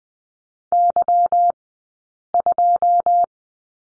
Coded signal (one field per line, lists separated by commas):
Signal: Morse code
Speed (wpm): 20 wpm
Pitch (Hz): 700 Hz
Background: none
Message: Y2